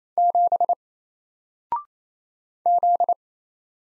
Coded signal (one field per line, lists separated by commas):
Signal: Morse code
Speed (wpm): 27 wpm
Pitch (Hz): 700 Hz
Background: none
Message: 7 Z